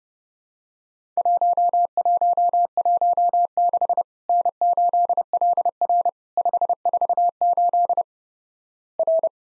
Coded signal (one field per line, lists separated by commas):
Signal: Morse code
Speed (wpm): 30 wpm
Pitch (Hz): 700 Hz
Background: none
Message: 1116 N8LR 548 R